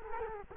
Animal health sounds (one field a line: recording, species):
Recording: mosquito wingbeat signal from an infrared sensor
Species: Culex quinquefasciatus